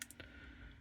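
A USB-C charging cable plug is pushed into the charging port of a Boruit V20 flashlight, making a sharp click at 0.0 s followed by two fainter clicks at about 0.1 s and 0.2 s against a steady low hum. The plug meets friction but is only partly inserted and not all the way in, because it needs a hard push and the port may not be fully centered.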